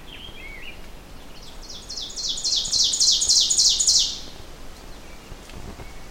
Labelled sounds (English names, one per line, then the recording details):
Ovenbird song
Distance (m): 10 m
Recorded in boreal forest in Alberta, Canada, on 4 June 2016 at 08:41
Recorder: SongMeter 3, array SBT-3-51
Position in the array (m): 264 m, 116 m
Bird 28